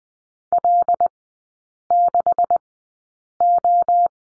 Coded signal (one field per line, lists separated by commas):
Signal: Morse code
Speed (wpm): 20 wpm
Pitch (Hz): 700 Hz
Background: none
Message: L6O